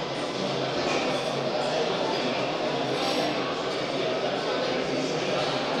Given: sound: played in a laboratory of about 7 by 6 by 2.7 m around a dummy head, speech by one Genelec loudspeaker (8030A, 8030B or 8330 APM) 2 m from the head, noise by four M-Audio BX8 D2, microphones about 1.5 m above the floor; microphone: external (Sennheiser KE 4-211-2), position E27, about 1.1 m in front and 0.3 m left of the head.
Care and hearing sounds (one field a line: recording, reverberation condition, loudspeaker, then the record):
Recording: cafeteria noise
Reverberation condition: high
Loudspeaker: four, about 170 cm from the corners of the room and facing them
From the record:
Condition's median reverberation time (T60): about 1300 ms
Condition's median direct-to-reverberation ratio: about -4.0 dB